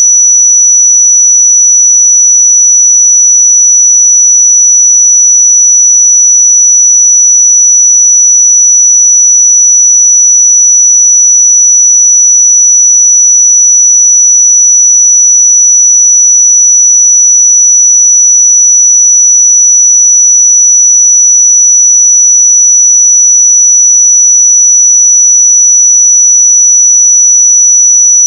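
A pure sine tone at 5909 Hz sounds for the full length, a single thin, piercing high pitch with nothing else around it. The level stays perfectly even from start to finish, with no pulses, breaks or background noise.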